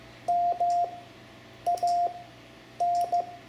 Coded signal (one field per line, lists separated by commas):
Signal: Morse code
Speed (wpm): 16 wpm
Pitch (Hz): 700 Hz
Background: radio noise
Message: MAN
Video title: Learning CW for Ham Radio (Lesson 4) Morse Code letters M-P, Amateur Radio